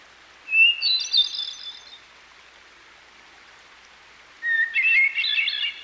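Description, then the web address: Hermit Thrush song: two phrases a few seconds apart, each starting with a clear held whistle, then spilling into a fast, echoing flutey flourish, steady stream-like hiss throughout. Near a stream. "Dan Gibson Songbirds By The Stream. Hermit Thrush"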